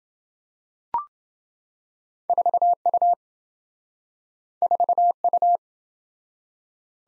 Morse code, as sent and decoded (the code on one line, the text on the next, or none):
....- ..- / ....- ..-
4U 4U